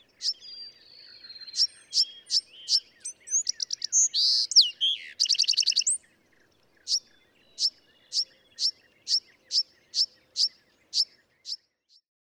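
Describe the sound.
Bewick's wren song: buzzy trills and rapid varied notes building to a harsh rattle, then a steady series of sharp high chips repeated about twice per second.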